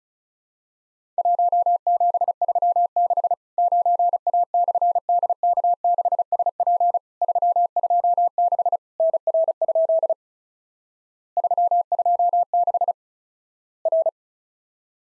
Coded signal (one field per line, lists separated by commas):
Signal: Morse code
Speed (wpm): 36 wpm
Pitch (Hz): 700 Hz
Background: none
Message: 1736 9A/DK6SP 326 NR? 326 R